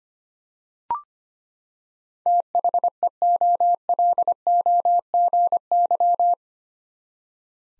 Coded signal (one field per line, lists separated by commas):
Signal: Morse code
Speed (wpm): 25 wpm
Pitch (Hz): 700 Hz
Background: none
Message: THEOLOGY